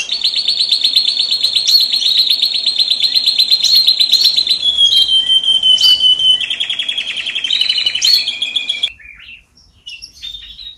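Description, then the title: Bird song of long fast buzzy trills, high and sustained, changing pitch in steps for about nine seconds before stopping, followed by a few faint chirps. "Suara Kicau Burung"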